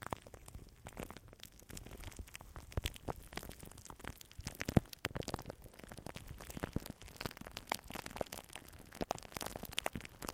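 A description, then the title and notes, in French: Crackling sounds: a dense, irregular stream of small sharp pops and snaps running throughout the ten seconds. The clicks vary in strength, with a few louder cracks standing out near the five-second mark, over a low, steady rustling bed. Quelques crépitements.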